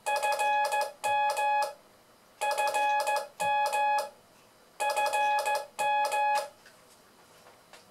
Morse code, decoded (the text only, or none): FM FM FM